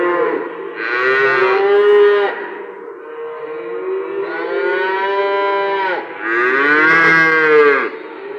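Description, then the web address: Cattle lowing almost continuously, long drawn-out moos with rich harmonics following one another, rising and falling in loudness. Cattle in an indoor stockyard. "SFXSource AOS Cattle Stockyard Indoor"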